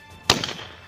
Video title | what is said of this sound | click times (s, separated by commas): Steven's 555 (by Savage) Over and Under Shotgun | pops right in | 0.3 s